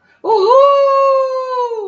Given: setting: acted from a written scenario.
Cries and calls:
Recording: vocal sound without words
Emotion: triumph

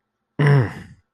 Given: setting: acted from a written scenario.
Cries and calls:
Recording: vocal sound without words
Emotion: pain

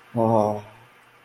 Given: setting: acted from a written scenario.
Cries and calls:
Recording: vocal sound without words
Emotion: serenity

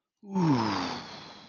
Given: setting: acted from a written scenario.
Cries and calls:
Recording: vocal sound without words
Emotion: awe

